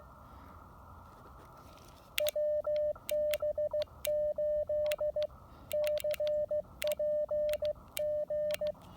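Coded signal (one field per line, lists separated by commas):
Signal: Morse code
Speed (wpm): 16 wpm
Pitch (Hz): 590 Hz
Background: radio noise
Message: WB8CPG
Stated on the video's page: CW on a POTA park activation using an Icom IC-703 Plus QRP transceiver.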